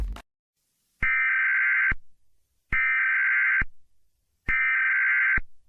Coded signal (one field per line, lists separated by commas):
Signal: Emergency Alert System (SAME) tones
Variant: header bursts